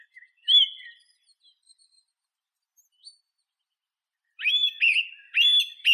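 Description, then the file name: Song thrush song: a clear whistled phrase, a pause, then a ringing phrase repeated in quick succession. "Neizvesten - Drozd pevchij Turdus philomelos (Zvyki com)"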